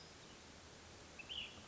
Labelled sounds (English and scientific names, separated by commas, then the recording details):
Ash-throated Flycatcher (Myiarchus cinerascens)
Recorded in Sonoma County, California